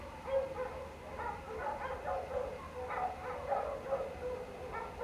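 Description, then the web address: Canine howls and yelps overlap in a busy chorus, pitches bending up and down. Pack of canines howling outdoors late at night in cold winter air, alongside a man-made water fountain. "Minimal ambiences ambience outdoors late night, cold winter air, pack of canine howling into the night and man made water fountain. Sonniss"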